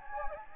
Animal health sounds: mosquito wingbeat signal from an infrared sensor; Anopheles gambiae

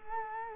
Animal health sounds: mosquito wingbeat signal from an infrared sensor; Culex quinquefasciatus

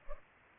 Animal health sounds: mosquito wingbeat signal from an infrared sensor; Culex pipiens

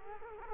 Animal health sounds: mosquito wingbeat signal from an infrared sensor; Culex quinquefasciatus

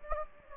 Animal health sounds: mosquito wingbeat signal from an infrared sensor; Anopheles gambiae

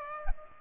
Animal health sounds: mosquito wingbeat signal from an infrared sensor; Aedes aegypti

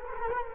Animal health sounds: mosquito wingbeat signal from an infrared sensor; Culex quinquefasciatus

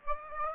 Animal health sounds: mosquito wingbeat signal from an infrared sensor; Aedes aegypti

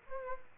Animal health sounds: mosquito wingbeat signal from an infrared sensor; Aedes aegypti

